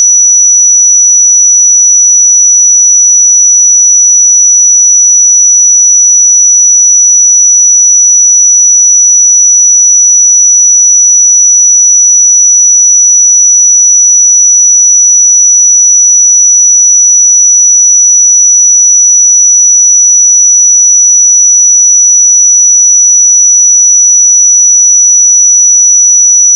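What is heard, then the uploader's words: A pure 5898 Hz sine tone holds perfectly steady and bright at constant loudness for the whole clip, with nothing else underneath. 5898 Hz 1 Hz Interval Sine Pure Tone Frequency 441000 Sample Mono.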